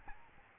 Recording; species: mosquito wingbeat signal from an infrared sensor; Aedes albopictus